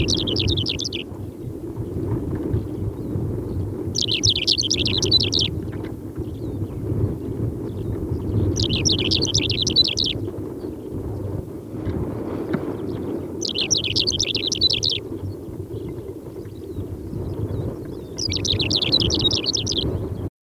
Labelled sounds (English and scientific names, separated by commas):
Greater Short-toed Lark (Calandrella brachydactyla) song